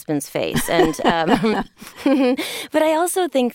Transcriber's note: laughter